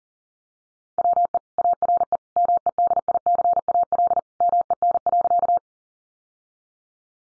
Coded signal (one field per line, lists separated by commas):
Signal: Morse code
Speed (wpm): 40 wpm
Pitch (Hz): 700 Hz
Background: none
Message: WE ARE MEDICAL MEN.